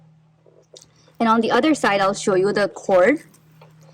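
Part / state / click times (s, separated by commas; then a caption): lid latch clip on a sandwich maker / seated / 0.8 s. The plastic lid clip on a Cuisinart sandwich maker is snapped shut over the closed lid, giving two quick sharp clicks at about 0.8 s. Someone then talks from about 1.2 to 3.2 s. The lid is latched closed.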